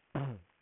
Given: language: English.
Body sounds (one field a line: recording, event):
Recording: throat vibration sensor signal played as sound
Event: throat clearing